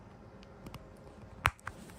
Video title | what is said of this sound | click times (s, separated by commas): How to Install the RFID Pet Sliding Door Opener System | and you'll hear the click as the unit splits apart | 1.5 s